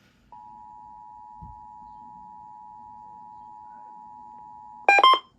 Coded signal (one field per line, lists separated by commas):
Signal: Emergency Alert System (SAME) tones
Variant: 853 and 960 Hz attention tone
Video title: Maryland's May 2022 Monthly EAS Tests and Channel Announcements - EAS 89-90